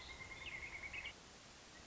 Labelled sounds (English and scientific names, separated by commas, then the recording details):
Pileated Woodpecker (Dryocopus pileatus)
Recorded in Sonoma County, California